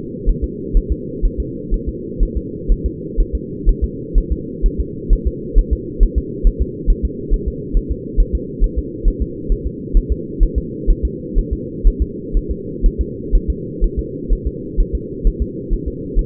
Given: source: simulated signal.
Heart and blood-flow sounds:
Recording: fetal heart sounds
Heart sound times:
0.29 s: S1
0.44 s: S2
0.77 s: S1
0.92 s: S2
1.25 s: S1
1.40 s: S2
1.74 s: S1
1.88 s: S2
2.23 s: S1
2.37 s: S2
2.72 s: S1
2.86 s: S2
3.20 s: S1
3.35 s: S2
3.69 s: S1
3.84 s: S2
4.18 s: S1
4.32 s: S2
4.66 s: S1
4.80 s: S2
5.13 s: S1
5.27 s: S2
5.59 s: S1
5.73 s: S2
6.03 s: S1
6.18 s: S2
6.47 s: S1
6.62 s: S2
6.90 s: S1
7.05 s: S2
7.34 s: S1
7.48 s: S2
7.77 s: S1
7.91 s: S2
8.20 s: S1
8.35 s: S2
8.64 s: S1
8.78 s: S2
9.08 s: S1
9.22 s: S2
9.52 s: S1
9.67 s: S2
9.97 s: S1
10.12 s: S2
10.43 s: S1
10.58 s: S2
10.90 s: S1
11.05 s: S2
11.39 s: S1
11.53 s: S2
11.88 s: S1
12.02 s: S2
12.37 s: S1
12.51 s: S2
12.86 s: S1
13.01 s: S2
13.35 s: S1
13.50 s: S2
13.84 s: S1
13.99 s: S2
14.33 s: S1
14.47 s: S2
14.80 s: S1
14.95 s: S2
15.27 s: S1
15.42 s: S2
15.73 s: S1
15.88 s: S2
16.19 s: S1
From the record:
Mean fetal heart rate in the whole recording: 130 bpm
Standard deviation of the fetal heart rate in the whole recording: 4 bpm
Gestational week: 38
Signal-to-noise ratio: -4.1 dB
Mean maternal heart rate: no maternal heart sound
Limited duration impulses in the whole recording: absent

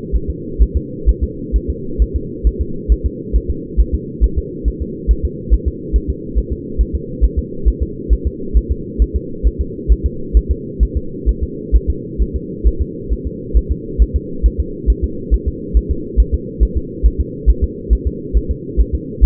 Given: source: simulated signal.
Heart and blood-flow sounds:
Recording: fetal heart sounds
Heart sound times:
0.15 s: S1
0.30 s: S2
0.62 s: S1
0.77 s: S2
1.09 s: S1
1.24 s: S2
1.56 s: S1
1.70 s: S2
2.02 s: S1
2.16 s: S2
2.47 s: S1
2.62 s: S2
2.92 s: S1
3.06 s: S2
3.36 s: S1
3.50 s: S2
3.80 s: S1
3.95 s: S2
4.24 s: S1
4.38 s: S2
4.68 s: S1
4.82 s: S2
5.11 s: S1
5.25 s: S2
5.53 s: S1
5.68 s: S2
5.96 s: S1
6.10 s: S2
6.38 s: S1
6.53 s: S2
6.81 s: S1
6.95 s: S2
7.24 s: S1
7.39 s: S2
7.68 s: S1
7.82 s: S2
8.13 s: S1
8.27 s: S2
8.57 s: S1
8.71 s: S2
9.02 s: S1
9.16 s: S2
9.47 s: S1
9.61 s: S2
9.92 s: S1
10.06 s: S2
10.37 s: S1
10.51 s: S2
10.83 s: S1
10.97 s: S2
11.29 s: S1
11.43 s: S2
11.75 s: S1
11.90 s: S2
12.22 s: S1
12.36 s: S2
12.67 s: S1
12.82 s: S2
13.12 s: S1
13.27 s: S2
13.57 s: S1
13.72 s: S2
14.02 s: S1
14.16 s: S2
14.46 s: S1
14.60 s: S2
14.90 s: S1
15.04 s: S2
15.34 s: S1
15.48 s: S2
15.77 s: S1
15.91 s: S2
16.20 s: S1
16.34 s: S2
16.63 s: S1
16.77 s: S2
17.06 s: S1
17.20 s: S2
17.50 s: S1
17.64 s: S2
17.93 s: S1
18.07 s: S2
18.37 s: S1
18.51 s: S2
18.80 s: S1
18.95 s: S2
19.24 s: S1
From the record:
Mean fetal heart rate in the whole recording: 135 bpm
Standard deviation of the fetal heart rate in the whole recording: 3 bpm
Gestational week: 34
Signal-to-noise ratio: -4.3 dB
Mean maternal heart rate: 72 bpm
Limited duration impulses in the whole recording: absent

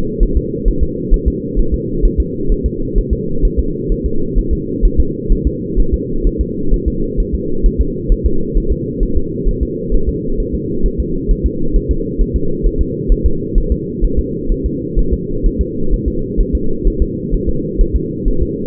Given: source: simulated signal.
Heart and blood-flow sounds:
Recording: fetal heart sounds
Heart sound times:
0.23 s: S1
0.37 s: S2
0.68 s: S1
0.83 s: S2
1.14 s: S1
1.28 s: S2
1.59 s: S1
1.74 s: S2
2.05 s: S1
2.20 s: S2
2.52 s: S1
2.66 s: S2
2.98 s: S1
3.13 s: S2
3.45 s: S1
3.59 s: S2
3.92 s: S1
4.06 s: S2
4.38 s: S1
4.53 s: S2
4.85 s: S1
5.00 s: S2
5.32 s: S1
5.47 s: S2
5.80 s: S1
5.94 s: S2
6.27 s: S1
6.41 s: S2
6.74 s: S1
6.88 s: S2
7.20 s: S1
7.35 s: S2
7.66 s: S1
7.81 s: S2
8.12 s: S1
8.26 s: S2
8.57 s: S1
8.72 s: S2
9.03 s: S1
9.17 s: S2
9.49 s: S1
9.63 s: S2
9.94 s: S1
10.09 s: S2
10.40 s: S1
10.55 s: S2
10.86 s: S1
11.00 s: S2
11.31 s: S1
11.46 s: S2
11.76 s: S1
11.91 s: S2
12.21 s: S1
12.36 s: S2
12.66 s: S1
12.81 s: S2
13.12 s: S1
13.26 s: S2
13.58 s: S1
13.72 s: S2
14.05 s: S1
14.19 s: S2
14.52 s: S1
14.66 s: S2
14.99 s: S1
15.13 s: S2
15.46 s: S1
15.61 s: S2
15.94 s: S1
16.08 s: S2
16.41 s: S1
16.55 s: S2
16.87 s: S1
17.02 s: S2
17.34 s: S1
17.49 s: S2
17.81 s: S1
17.96 s: S2
18.28 s: S1
18.42 s: S2
From the record:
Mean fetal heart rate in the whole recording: 130 bpm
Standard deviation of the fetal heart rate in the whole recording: 2 bpm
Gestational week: 38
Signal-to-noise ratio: -8.1 dB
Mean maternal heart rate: 72 bpm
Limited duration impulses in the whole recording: absent

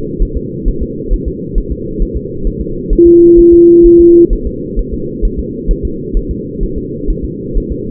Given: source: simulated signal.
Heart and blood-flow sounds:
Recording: fetal heart sounds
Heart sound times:
0.22 s: S1
0.37 s: S2
0.68 s: S1
0.83 s: S2
1.13 s: S1
1.28 s: S2
1.58 s: S1
1.72 s: S2
2.02 s: S1
2.17 s: S2
2.47 s: S1
2.61 s: S2
2.93 s: S1
3.07 s: S2
3.39 s: S1
3.53 s: S2
3.86 s: S1
4.00 s: S2
4.33 s: S1
4.47 s: S2
4.79 s: S1
4.94 s: S2
5.25 s: S1
5.39 s: S2
5.71 s: S1
5.85 s: S2
6.17 s: S1
6.31 s: S2
6.63 s: S1
6.78 s: S2
7.10 s: S1
7.25 s: S2
7.57 s: S1
7.72 s: S2
From the record:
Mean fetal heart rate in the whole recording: 130 bpm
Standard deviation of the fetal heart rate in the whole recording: 4 bpm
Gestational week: 38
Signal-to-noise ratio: -6.6 dB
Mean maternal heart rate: 72 bpm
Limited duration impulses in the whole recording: present

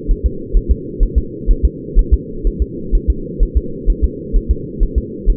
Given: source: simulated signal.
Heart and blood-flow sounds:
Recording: fetal heart sounds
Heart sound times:
0.11 s: S1
0.26 s: S2
0.57 s: S1
0.71 s: S2
1.03 s: S1
1.18 s: S2
1.51 s: S1
1.65 s: S2
1.99 s: S1
2.13 s: S2
2.47 s: S1
2.62 s: S2
2.95 s: S1
3.10 s: S2
3.43 s: S1
3.57 s: S2
3.90 s: S1
4.04 s: S2
4.37 s: S1
4.51 s: S2
4.83 s: S1
4.98 s: S2
5.30 s: S1
From the record:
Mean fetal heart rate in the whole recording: 130 bpm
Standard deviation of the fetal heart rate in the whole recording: 4 bpm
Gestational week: 38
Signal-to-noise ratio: -4.3 dB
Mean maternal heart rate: 72 bpm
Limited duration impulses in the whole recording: absent

